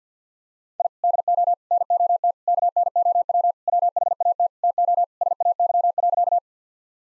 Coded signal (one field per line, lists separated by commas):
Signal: Morse code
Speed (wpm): 50 wpm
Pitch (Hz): 700 Hz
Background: none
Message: I DO NOT KNOW WHAT TO SAY.